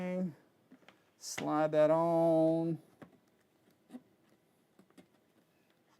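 Someone talks while sliding a foam RC airplane part onto its joiner tube, lining it up and wiggling it to get it to go on. Between the words there are only faint handling ticks and scrapes, the clearest around 0.9 and 3.0 seconds. Nothing has seated or clicked into place yet.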